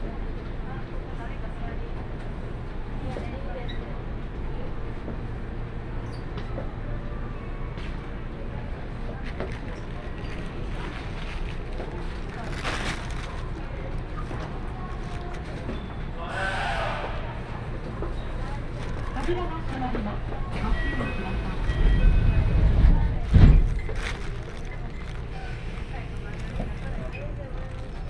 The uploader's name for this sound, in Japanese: 鉄道旅 汐見橋→岸里玉出→なんば→大物